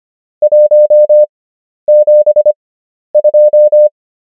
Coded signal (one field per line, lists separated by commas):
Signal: Morse code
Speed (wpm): 25 wpm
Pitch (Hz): 600 Hz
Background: none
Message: 172